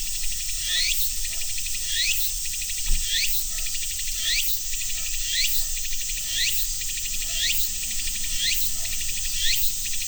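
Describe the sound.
Cicadas calling: a shrill continuous hiss with regular upward-sliding buzzes about every second.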